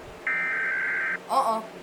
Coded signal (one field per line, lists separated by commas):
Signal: Emergency Alert System (SAME) tones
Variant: header bursts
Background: speech